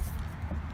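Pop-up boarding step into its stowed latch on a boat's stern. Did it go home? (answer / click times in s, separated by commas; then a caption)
no / none. The folding pop-up swim/boarding step on the stern of a 2017 Super Air Nautique GS20 in Victory Red/Gunmetal is pushed back down toward its stowed latch. Only a steady low rumble with broadband noise is heard, with no sharp hit. Nothing has seated or clicked yet.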